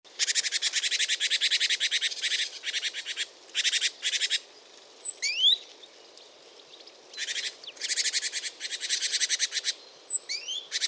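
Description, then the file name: Great tit giving rapid, buzzy churring bursts, several rattled series with brief pauses, and a few thin, sharp whistles. "Parus major"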